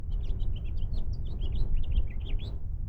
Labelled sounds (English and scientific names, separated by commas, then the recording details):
House Finch (Haemorhous mexicanus) song
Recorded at Lawrence on Long Island, New York, on 4 June 1975
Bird C